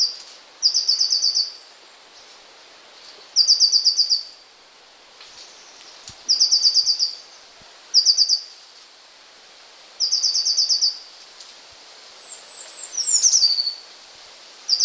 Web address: wroblowe kolekcja modraszka